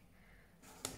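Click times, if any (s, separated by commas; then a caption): 0.8 s. A left-hand-opening Atlas quad 14-inch (356 mm) metal friction hinge stay on a window frame has its sash slid across, with a soft rising rustle from about 0.6 s. A sharp click at 0.9 s marks the stay catching and locking into the easy-clean position.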